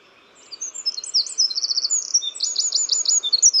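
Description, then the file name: Eurasian wren pouring out a rapid, high-pitched song of trills and piercing repeated notes after a brief quiet start. "Troglodytes troglodytes"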